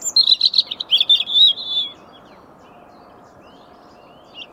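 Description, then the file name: European robin giving a two-second sweet, high phrase of fast twittering notes that slides slightly downward, followed by near silence over a faint background hum. "Erithacus rubecula"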